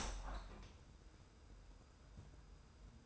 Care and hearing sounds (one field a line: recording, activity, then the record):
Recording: daily activity, microphone in the room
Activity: open window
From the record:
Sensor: 2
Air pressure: 990.2 hPa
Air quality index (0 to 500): 200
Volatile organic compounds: 1000 ppm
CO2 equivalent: 6378 ppm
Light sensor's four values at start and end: 24/57/23/23 and 25/57/23/23